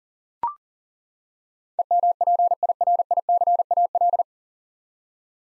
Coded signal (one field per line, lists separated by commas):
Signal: Morse code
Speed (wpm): 40 wpm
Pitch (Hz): 700 Hz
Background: none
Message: EMPIRICAL